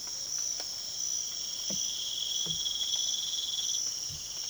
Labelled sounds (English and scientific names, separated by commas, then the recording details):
none
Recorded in pastures near Puerto Asís, Putumayo, Colombia, on 24 March 2025 at 04:00
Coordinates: 0.487, -76.322
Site G077